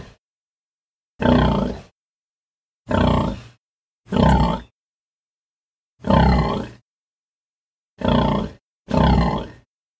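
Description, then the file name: Pig giving harsh, throaty grunts: six full grunts, each about half a second long, spaced irregularly with a clipped fragment at the start and silence between calls. "Schwein"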